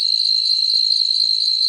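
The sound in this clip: Cicada song: an unbroken high, shrill, pulsing buzz at constant pitch and loudness.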